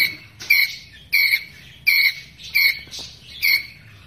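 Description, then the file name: Ground squirrel calling with five loud, high chirps spaced under a second apart, quiet in between. Ground squirrel calling to its group. "Tieng soc dat goi bay"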